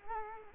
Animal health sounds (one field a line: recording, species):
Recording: mosquito wingbeat signal from an infrared sensor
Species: Culex quinquefasciatus